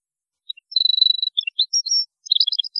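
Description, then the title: European goldfinch song: a thin sustained buzzy note, then sliding tinkling notes and a burst of quick bright twitters at the end. "Chant Chardonneret"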